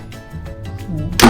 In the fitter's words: Ganun. Yun, nalock na siya. Nag-lock na siya.